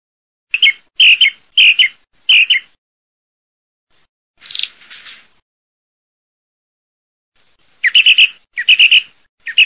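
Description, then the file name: Thrush: four quick repeated chirpy phrases, a pause, one harsher rattling phrase, then another series of repeated bright phrases. Nothing else is heard. "TORDOBURATTA"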